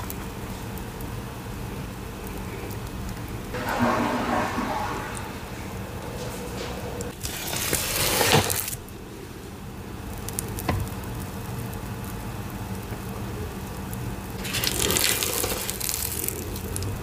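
Wet paste being squished and stirred, with a low, steady hiss throughout. Brighter crackling, sizzling bursts arrive around four, eight and fifteen seconds, each lasting a second or two, with a single sharp click near eleven seconds.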